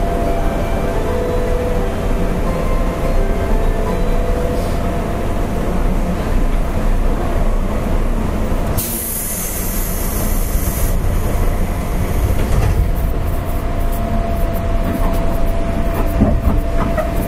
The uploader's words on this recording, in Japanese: JR201系電車 環状線内回り 大阪から天王寺まで。JR201系電車の走行音です。環状線 内回り列車にて収録。